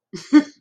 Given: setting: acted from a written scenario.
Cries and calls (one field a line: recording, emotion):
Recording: vocal sound without words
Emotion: awe